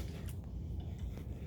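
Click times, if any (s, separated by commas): none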